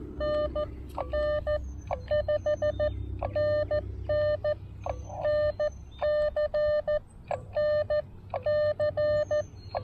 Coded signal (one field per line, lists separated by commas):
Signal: Morse code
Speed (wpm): 14 wpm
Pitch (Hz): 590 Hz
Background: none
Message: NN 5NN NC NC